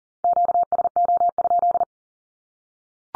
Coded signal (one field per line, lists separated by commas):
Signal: Morse code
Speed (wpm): 40 wpm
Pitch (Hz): 700 Hz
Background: none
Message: QSO?